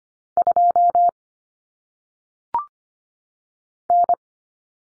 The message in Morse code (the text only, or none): 2 N